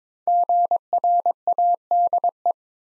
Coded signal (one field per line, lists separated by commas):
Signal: Morse code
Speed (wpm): 22 wpm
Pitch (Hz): 700 Hz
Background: none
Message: GRADE